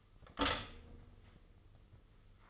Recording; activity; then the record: daily activity, microphone in the room; stop toaster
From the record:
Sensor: 4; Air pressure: 996.1 hPa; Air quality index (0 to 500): 67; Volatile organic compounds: 2 ppm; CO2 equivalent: 1218 ppm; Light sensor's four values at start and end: 14/34/13/14 and 13/29/12/13